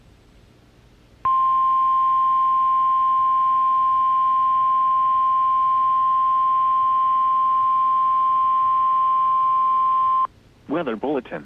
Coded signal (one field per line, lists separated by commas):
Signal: Emergency Alert System (SAME) tones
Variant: 1050 Hz attention tone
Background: speech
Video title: (EAS#158) Severe Thunderstorm Warning